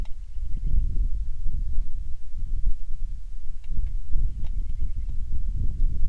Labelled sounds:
rain
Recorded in the Prudhoe Bay oil fields, Alaska, on 27 July 2019 at 18:54
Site 19

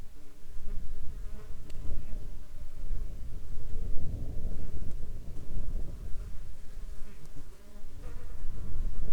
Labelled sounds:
wind, insects
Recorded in the Arctic National Wildlife Refuge, Alaska, on 21 July 2021 at 07:38
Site 33

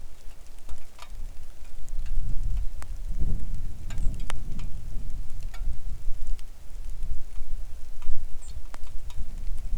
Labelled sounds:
songbird, wind, rain
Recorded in the Arctic National Wildlife Refuge, Alaska, on 3 August 2019 at 10:08
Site 41

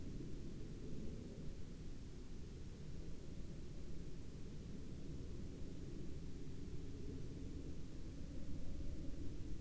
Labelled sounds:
aircraft
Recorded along the Dalton Highway, Alaska, on 19 April 2019 at 10:50
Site 08

